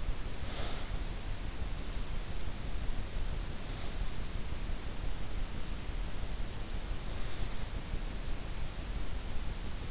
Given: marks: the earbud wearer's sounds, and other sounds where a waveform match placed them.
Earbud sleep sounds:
sounds in sleep by an in-ear microphone; breath
0.00-0.97 s: breath

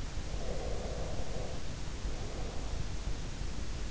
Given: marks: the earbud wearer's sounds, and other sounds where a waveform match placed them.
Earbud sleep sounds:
sounds in sleep by an in-ear microphone; breath
0.34-3.07 s: breath

